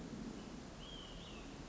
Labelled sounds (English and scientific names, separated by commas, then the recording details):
Olive-sided Flycatcher (Contopus cooperi)
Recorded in Sonoma County, California